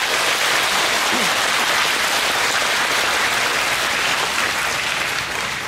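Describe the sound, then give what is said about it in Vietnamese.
An audience applauds steadily and loudly for several seconds at a meditation session, a dense wash of many hands clapping that fades only slightly toward the end. “Xin tặng các bạn một tràng pháo tay lớn đi.”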